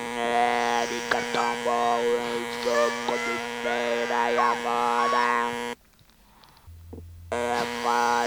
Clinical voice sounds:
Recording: speech with an electrolarynx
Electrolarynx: modified device, with random pitch perturbation and pitch set by sex and age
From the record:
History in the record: total laryngectomy

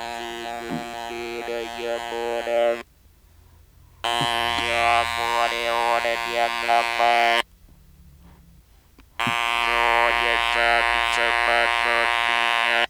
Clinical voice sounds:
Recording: speech with an electrolarynx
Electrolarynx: modified device, with random pitch perturbation and pitch set by sex and age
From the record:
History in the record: total laryngectomy

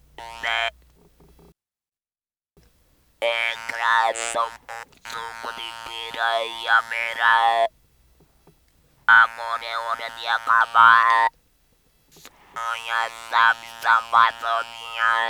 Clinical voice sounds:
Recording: speech with an electrolarynx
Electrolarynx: modified device, with random pitch perturbation and pitch set by sex and age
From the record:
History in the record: total laryngectomy

